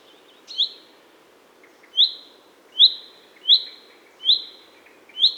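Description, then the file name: Common chaffinch giving several short, bright 'pink' calls at slightly irregular intervals, over a soft low hiss. "Fringilla coelebs"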